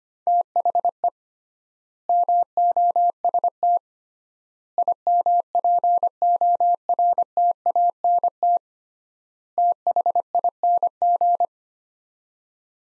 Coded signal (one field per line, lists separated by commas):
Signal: Morse code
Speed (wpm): 25 wpm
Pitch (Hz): 700 Hz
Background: none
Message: THE MOST IMPORTANT THING